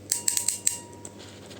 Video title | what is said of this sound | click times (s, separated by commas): Tugas 1 Praktik MSIM4204 Jaringan Komputer | sudah bunyi klik maka itu sudah berhasil. | 0.7 s